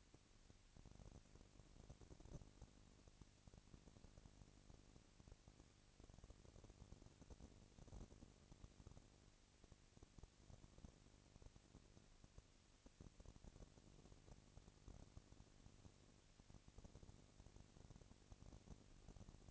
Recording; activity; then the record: daily activity, microphone in the room; no activity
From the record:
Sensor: 4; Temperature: 22.4 degrees Celsius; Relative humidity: 31.9%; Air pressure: 997.9 hPa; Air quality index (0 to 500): 203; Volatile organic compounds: 17 ppm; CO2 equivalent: 2572 ppm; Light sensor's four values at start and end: 2/3/1/1 and 2/3/1/1